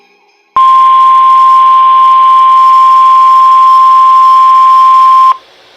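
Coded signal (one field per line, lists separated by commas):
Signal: Emergency Alert System (SAME) tones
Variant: 1050 Hz attention tone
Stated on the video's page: Winter storm warning with tones on NOAA weather radio, heard via a livestream.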